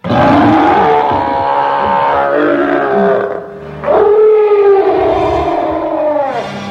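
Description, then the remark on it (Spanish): An angry gorilla behind a closed door roars loudly in two long, harsh bellows with a short pause between them, the second rising and then sliding down in pitch, mixed with rough grunting. “Además, detrás de la puerta cerrada había un gorila furioso.”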